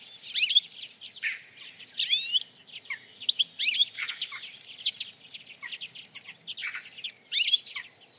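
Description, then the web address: Bird calls: a dense, busy stream of high chirps and squeaky notes, with loud bursts every second or two and no real pause. "Bird Only"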